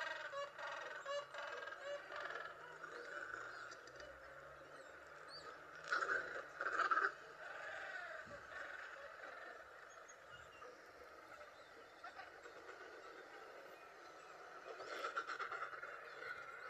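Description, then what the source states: Penguin colony din: many harsh, braying and honking calls overlap in a dense continuous chorus, with louder brays standing out around six to seven seconds and near the end. Characteristic sound of a penguin colony heard when visiting Antarctica on a tourist trip by ship.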